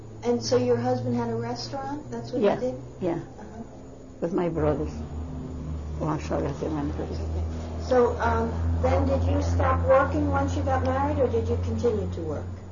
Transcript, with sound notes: And so your husband had a restaurant? That's what he did?
Yeah, with my brothers.
( traffic sound is heard in background ) So did you stop working once you got married, or did you continue to work?